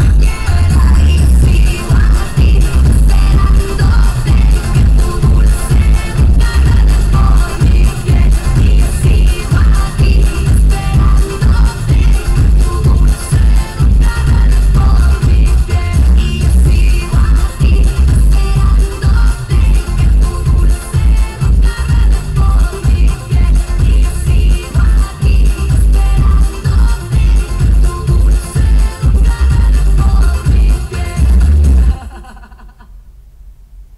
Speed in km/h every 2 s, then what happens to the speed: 63, 63, 60, 58, 50, 45, 37, 29, 21, 15, 0, 0, 0, 0, 0, 0, 0.
0-20 slows to 0. 20-34 standing.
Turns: none.